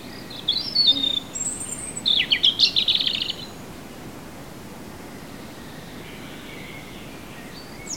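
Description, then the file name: European robin song: two high, thin phrases of sweet whistles and rapid twittering trills, separated by a short pause, then quiet with steady background hiss. "Erithacus rubecula"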